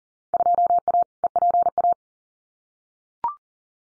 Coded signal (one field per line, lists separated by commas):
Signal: Morse code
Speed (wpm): 38 wpm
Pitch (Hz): 700 Hz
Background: none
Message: 2A EPA